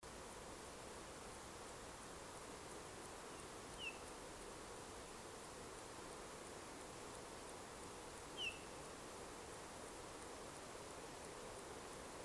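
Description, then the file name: Eurasian bullfinch calls: two soft, brief, downward-sliding piping notes roughly four and a half seconds apart, over a steady background hiss. "Pyrrhula pyrrhula"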